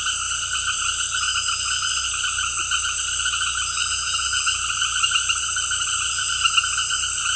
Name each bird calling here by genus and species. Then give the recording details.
none. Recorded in dense forest near Puerto Asís, Putumayo, Colombia, on 19 February 2024 at 18:30. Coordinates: 0.487, -76.319. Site G6403